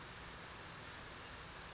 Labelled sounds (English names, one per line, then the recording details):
Brown Creeper
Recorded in Sonoma County, California